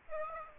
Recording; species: mosquito wingbeat signal from an infrared sensor; Aedes aegypti